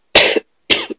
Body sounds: coughing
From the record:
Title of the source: 55 gaggy wet cough

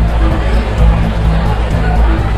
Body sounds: background sound without coughing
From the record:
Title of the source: Party Noise 1 Hour Party Ambience

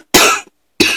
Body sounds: coughing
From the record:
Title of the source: 64 coughing, allergies, singing lungs

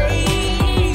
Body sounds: coughing mixed with background sound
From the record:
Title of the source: Female coughing - Sound effects

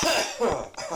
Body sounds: coughing mixed with background sound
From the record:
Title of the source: Spring Cold Coughing 2

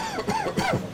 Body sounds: coughing mixed with background sound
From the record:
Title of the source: Dry Coughing Fit in the Afternoon.

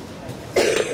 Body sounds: coughing mixed with background sound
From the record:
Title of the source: 60 coughing still (deep and wet cough)

